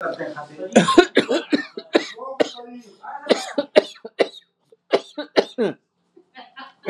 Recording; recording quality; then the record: shallow voluntary cough; excellent, no background noise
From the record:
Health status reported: healthy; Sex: male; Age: 52 years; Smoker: no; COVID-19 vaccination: both doses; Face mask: worn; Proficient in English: yes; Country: India